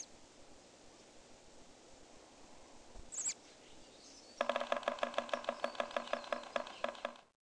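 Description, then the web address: Yellow-bellied sapsucker drumming: after a few quiet seconds and one faint high note, a series of knocks lasting about three seconds, over a low engine hum. "Peterson North American Birds. ybsa"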